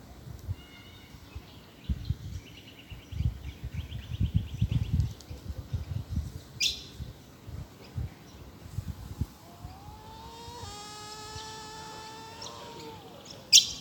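Bush stone-curlew giving a rising, drawn-out whistled wail in the second half; faint bird chirps, a low rumble and a couple of sharp clicks are also heard.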